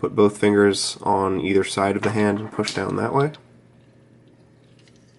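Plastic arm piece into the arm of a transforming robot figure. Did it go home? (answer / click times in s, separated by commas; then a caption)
no / none. Someone talks for the first 3.4 seconds while a plastic arm piece is pushed down into the arm of a transforming robot figure, with fingers on either side of the hand. After that there is only quiet handling and a few faint, tiny plastic ticks near 4.8 to 5.0 seconds. Nothing has seated or clicked yet; the part is still being handled and not home.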